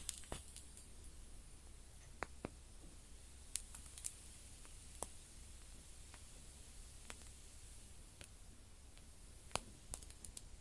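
Small fire crackles, heard close up: sharp, scattered pops and snaps arrive irregularly, roughly once or twice a second, with a few louder cracks near 3.5 and 9.5 seconds. A faint steady hiss and a low, constant rumble sit underneath throughout.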